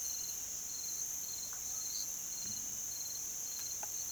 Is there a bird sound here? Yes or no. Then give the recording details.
no. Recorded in pastures near Puerto Asís, Putumayo, Colombia, on 25 June 2025 at 06:00. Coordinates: 0.487, -76.322. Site H26